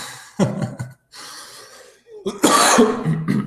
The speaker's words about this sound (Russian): Может, кто посоветует мне, как от кашля вылечиться? Я устал уже, честно говоря, месяц кашлять, никак это не пройдет.